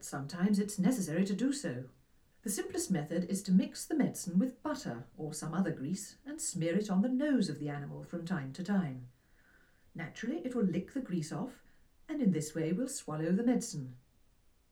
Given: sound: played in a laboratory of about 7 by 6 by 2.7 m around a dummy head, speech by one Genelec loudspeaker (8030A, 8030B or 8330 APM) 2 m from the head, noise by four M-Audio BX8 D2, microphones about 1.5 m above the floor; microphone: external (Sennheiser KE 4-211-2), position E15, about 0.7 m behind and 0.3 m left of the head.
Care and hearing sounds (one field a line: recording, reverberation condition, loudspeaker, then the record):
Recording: female speech in English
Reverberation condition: low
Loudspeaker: 60 degrees to the right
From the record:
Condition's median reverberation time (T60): about 310 ms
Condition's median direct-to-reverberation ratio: about 3.5 dB